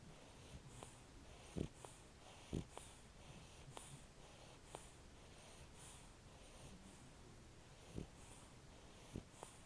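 Soft, quick breathing noises repeat about once a second, with a few louder snorts against a quiet room hiss. This is the light snoring of a sleeping puppy.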